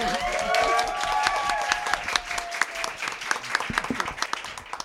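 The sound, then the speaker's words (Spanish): An audience at a forum in Quebrada del Ají applauds a speaker with dense, steady clapping that thins into scattered, sharper individual claps toward the end, with a few faint whoops or calls mixed in early on. “Un aplauso”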